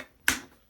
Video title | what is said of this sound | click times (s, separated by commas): HAUSHOF 4Gallon Wet/Dry/Upholstery Vacuum Cleaner Review (Purchase Link in Description) | And then these will just lock into place. | 0.3 s